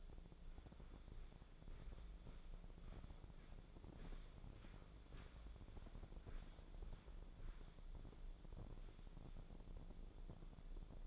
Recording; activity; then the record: daily activity, microphone in the room; walk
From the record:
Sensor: 5